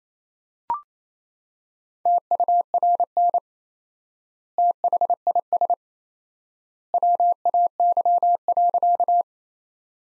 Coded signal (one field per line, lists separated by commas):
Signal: Morse code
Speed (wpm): 27 wpm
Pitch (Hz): 700 Hz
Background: none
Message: TURN THIS WAY.